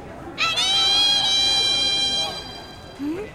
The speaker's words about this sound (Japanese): 絹を裂くような美少女の悲鳴。 声だけでなぜわかる。 わらわの勘に間違いはない。